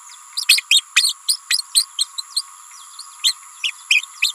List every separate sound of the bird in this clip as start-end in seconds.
0.37-0.46, 0.48-0.64, 0.69-0.84, 0.95-1.14, 1.27-1.37, 1.49-1.63, 1.74-1.86, 1.98-2.06, 2.17-2.23, 2.36-2.42, 3.23-3.35, 3.63-3.72, 3.89-4.05, 4.22-4.33